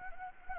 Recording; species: mosquito wingbeat signal from an infrared sensor; Anopheles gambiae